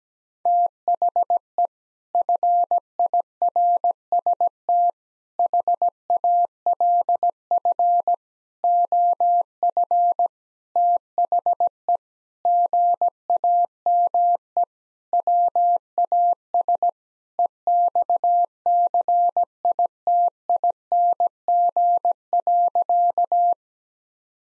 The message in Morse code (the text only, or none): THE FIRST HALF OF THE GAME WAS EXCITING.